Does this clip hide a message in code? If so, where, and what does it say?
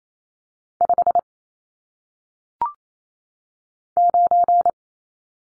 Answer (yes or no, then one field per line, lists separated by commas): yes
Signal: Morse code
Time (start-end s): 0.8-4.7 s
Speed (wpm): 28 wpm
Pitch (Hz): 700 Hz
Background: none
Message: 5 9